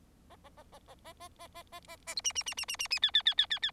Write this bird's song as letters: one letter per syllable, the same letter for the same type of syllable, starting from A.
A A A A A A A A A A A A B C C C C C C C D D D D D D